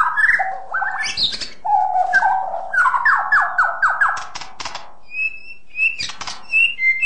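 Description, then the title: Long-tailed shrike song of mixed whistles and a fast series of rattling notes, followed by short high whistles and clicks. "Kicau Burung Pentet"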